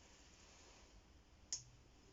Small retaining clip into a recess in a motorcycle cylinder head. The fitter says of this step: there i heard the click so it's in there's a little recess in there and you have to make sure it's sitting in it